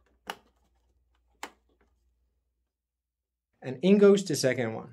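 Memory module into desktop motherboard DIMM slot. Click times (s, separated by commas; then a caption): 0.3 s, 1.4 s. A DDR4 memory module (DIMM) is pressed firmly into a desktop motherboard DIMM slot, and two sharp clicks ring out at 0.3 and 1.4 seconds as the latches on both ends snap shut, seating the module. After a quiet gap, someone talks.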